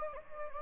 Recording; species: mosquito wingbeat signal from an infrared sensor; Anopheles gambiae